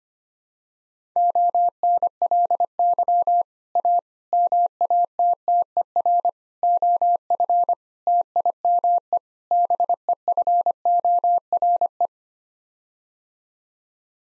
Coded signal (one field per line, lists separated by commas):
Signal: Morse code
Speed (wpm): 25 wpm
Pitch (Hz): 700 Hz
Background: none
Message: ONLY A MATTER OF TIME BEFORE